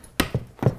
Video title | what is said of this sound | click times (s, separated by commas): Hayward Matrix Pool Pump rotation and installation | and it should click into position you can kind of give it a little slam it'll click into position | 0.2 s